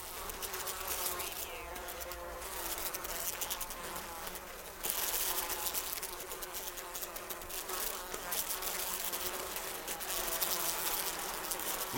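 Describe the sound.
Fly: many flies buzzing, a dense droning hum over a constant hiss, growing louder partway through.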